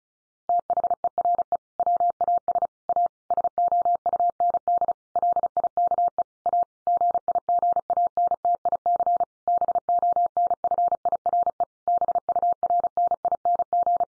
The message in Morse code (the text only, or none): THERE WAS A SOUND LIKE A GIGANTIC BONFIRE BURNING